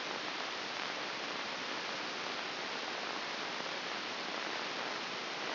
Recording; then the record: brain microelectrode recording played as sound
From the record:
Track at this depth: outside the subthalamic nucleus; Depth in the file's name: 8.704 mm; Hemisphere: left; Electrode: 2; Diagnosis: Parkinson's disease